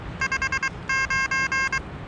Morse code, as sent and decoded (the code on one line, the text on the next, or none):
..... ----.
59